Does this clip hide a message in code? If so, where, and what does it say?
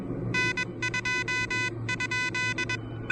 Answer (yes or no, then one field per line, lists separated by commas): yes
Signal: Morse code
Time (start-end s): 0.3-2.8 s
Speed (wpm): 21 wpm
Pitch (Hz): 2000 Hz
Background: none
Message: N2?